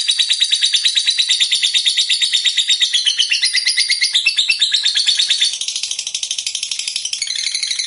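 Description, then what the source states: Lovebird song: a fast, unbroken, high-pitched chattering trill, steady and loud, softening slightly toward the end. Fighter-type lovebird, described as gacor.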